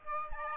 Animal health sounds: mosquito wingbeat signal from an infrared sensor; Aedes aegypti

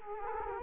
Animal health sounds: mosquito wingbeat signal from an infrared sensor; Culex quinquefasciatus

